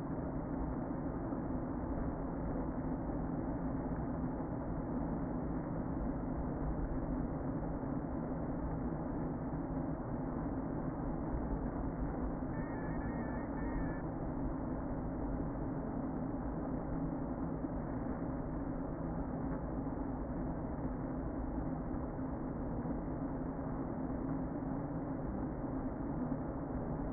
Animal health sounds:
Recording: honeybee colony, microphone inside the hive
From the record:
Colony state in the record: queen present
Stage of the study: before two queens were removed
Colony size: about 60,000 bees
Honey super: yes

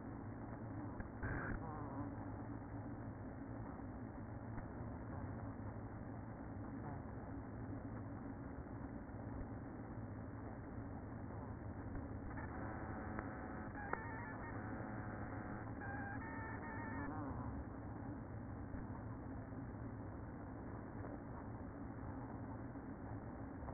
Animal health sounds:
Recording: honeybee colony, microphone inside the hive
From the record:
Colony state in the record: queen present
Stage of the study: after two queens were removed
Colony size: about 60,000 bees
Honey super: yes

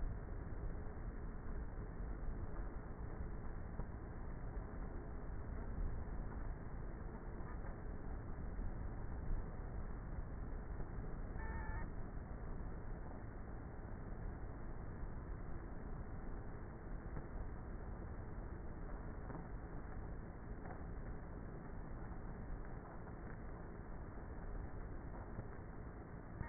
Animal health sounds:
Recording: honeybee colony, microphone inside the hive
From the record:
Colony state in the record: queenless with a low population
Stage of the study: before two queens were removed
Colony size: about 30,000 bees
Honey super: no

